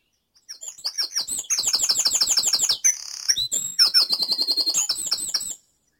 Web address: beanstalk-audio Dawn Chorus in Mold North Wales